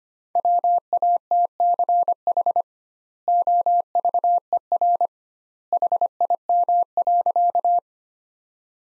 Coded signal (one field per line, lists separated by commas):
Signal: Morse code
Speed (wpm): 25 wpm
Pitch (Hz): 700 Hz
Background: none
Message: WATCH OVER HIM.